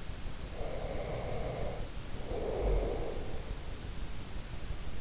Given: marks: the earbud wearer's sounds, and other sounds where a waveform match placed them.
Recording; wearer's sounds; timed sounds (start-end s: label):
sounds in sleep by an in-ear microphone; breath
0.47-3.39 s: breath